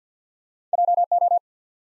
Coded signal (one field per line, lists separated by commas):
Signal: Morse code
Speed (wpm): 50 wpm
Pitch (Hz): 700 Hz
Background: none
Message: JO